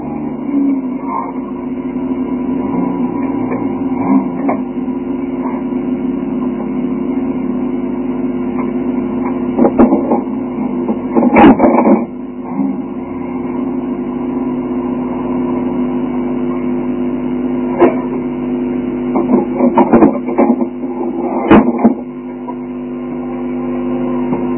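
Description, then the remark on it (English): A car engine idles with a steady, throaty low drone from a noisy exhaust, broken by a few sharp pops and clatters around the middle and near the end. “The biggest gangster in Mexico just turned up with a noisy exhaust pipe again.”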